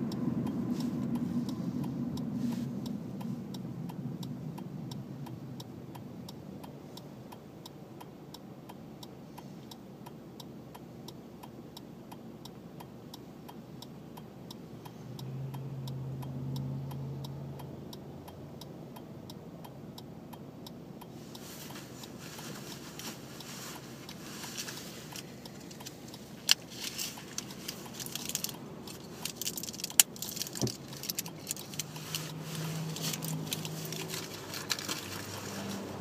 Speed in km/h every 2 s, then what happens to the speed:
21, 13, 13, 0, 0, 0, 0, 0, 0, 0, 0, 0, 0, 0, 0, 2, 2, 0.
1-5 brakes to 0. 5-36 standing.